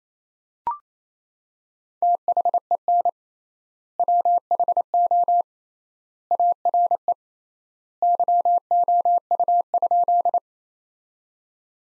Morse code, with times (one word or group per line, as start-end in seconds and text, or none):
2.0-3.1 THEN
4.0-5.4 WHO
6.3-7.1 ARE
8.0-10.4 YOU?